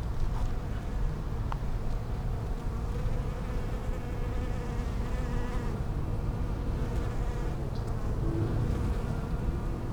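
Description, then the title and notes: Bee buzzing, a faint hum with a sharp click early on, over a steady low rumble. Bees in lavender in the palliative care service garden of Hôpital Brugmann, Brussels, Belgium, a peaceful spot apart from other hospital pavilions; recorded with Sony PCM-M10 internal microphones. "Hôpital Brugmann, Place Arthur Van Gehuchten, Bruxelles, Belgique - bees in the palliative care services garden. Bees in the lavender from the palliative care service's garden. Abeilles dans la lavande, jardin du service de soins palliatifs"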